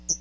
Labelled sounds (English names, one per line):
Hooded Warbler flight call